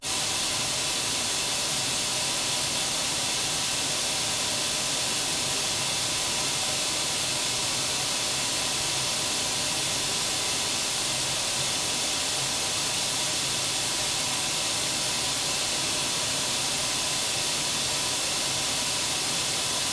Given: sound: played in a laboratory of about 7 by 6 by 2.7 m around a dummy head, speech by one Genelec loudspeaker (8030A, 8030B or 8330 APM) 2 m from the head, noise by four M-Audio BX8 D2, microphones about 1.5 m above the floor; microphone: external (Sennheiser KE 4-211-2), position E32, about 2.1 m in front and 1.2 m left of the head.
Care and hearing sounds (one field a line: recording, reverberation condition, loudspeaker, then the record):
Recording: white noise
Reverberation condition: medium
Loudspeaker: four, about 170 cm from the corners of the room and facing them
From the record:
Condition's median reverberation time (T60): about 510 ms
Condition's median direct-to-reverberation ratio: about -0.5 dB